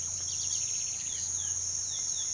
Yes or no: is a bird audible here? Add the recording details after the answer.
yes. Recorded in pastures near Puerto Asís, Putumayo, Colombia, on 21 March 2025 at 07:00. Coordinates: 0.487, -76.322. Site G077